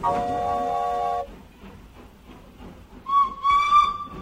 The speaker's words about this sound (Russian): Паровоз заполошно взревел. Сначала протяжно, потом короткими гудками.